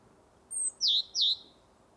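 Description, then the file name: Great tit calls: a thin, high whistled note followed by two sharp, downslurred chirps in quick succession. "Parus major"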